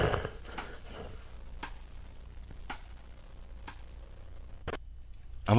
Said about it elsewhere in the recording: A clock ticking to show the periods of time that the person actually isn't breathing. It sounds like they're choking. A mild case of an obstructive event. when they actually get the arousals and they start breathing, it's more like of an explosive, like when you're stuck underwater and you can't wait for the surface and you have to pop your head out and take a deep breath.